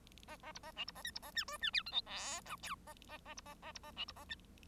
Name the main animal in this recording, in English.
Bengalese Finch